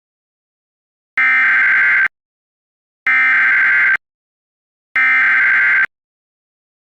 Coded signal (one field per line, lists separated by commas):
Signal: Emergency Alert System (SAME) tones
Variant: header bursts